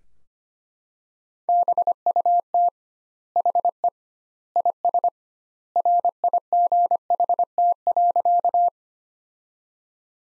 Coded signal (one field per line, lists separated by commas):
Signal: Morse code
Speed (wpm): 25 wpm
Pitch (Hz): 700 Hz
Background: none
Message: BUT HE IS RIGHT.